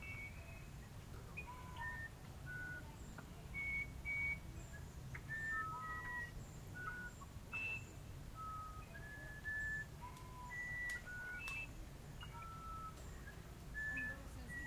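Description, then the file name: Musician wren singing clear, flute-like whistles that jump between high and low pitches in a steady, unhurried phrase sequence, with faint clicks and low background rumble. "uirapuru"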